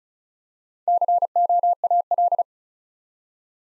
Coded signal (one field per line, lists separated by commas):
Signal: Morse code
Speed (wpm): 36 wpm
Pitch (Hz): 700 Hz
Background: none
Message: COAL